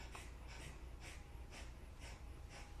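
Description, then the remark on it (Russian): Kapalabhati breathing with the body held still: six sharp, forceful puffs of air pushed out through the nose at a quick, steady rhythm, fairly soft, over a low background hum with no talking. “Вот тело вообще неподвижно, у нас там моторчик внутри пыхтит, и все.”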